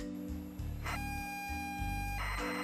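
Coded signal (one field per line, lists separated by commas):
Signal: ZX Spectrum tape loading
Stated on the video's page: Spectrum loading code hidden in vinyl records, including attempts at loading the code played backwards.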